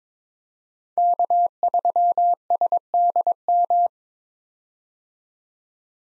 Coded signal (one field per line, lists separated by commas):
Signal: Morse code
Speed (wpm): 22 wpm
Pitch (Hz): 700 Hz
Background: none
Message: K3SDM